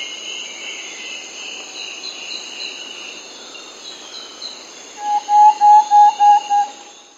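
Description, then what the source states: Thrush-like Antpitta call: a brief run of several hollow, evenly pitched whistled notes near the end, over steady insect buzzing. South America.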